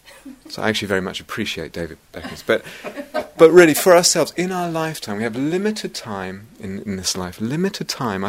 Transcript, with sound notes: So I actually very much appreciate David Beckham. [laughter] But really, for ourselves, in our lifetime, we have limited time in this life, limited time.